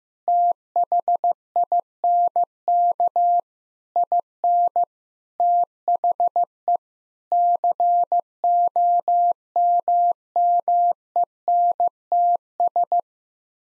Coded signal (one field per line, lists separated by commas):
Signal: Morse code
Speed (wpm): 15 wpm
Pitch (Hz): 700 Hz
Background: none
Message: THINK IN THE COMMENTS